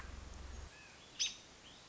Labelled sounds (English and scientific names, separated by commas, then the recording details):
American Robin (Turdus migratorius)
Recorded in Sonoma County, California